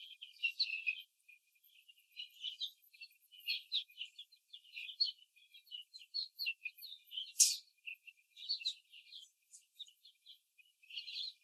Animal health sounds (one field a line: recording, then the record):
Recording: young laying hens in a cage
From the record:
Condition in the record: after the stressor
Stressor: simulated dog barking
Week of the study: 3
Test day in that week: 1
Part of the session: 1